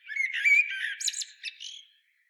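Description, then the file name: Common blackbird singing one short mellow warble that ends in a scratchy high twitter, then stops. "Turdus merula"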